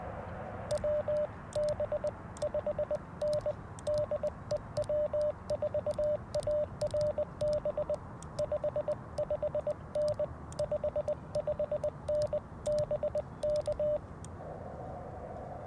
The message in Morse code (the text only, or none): WB5N DE W4ARB 55N 55N BK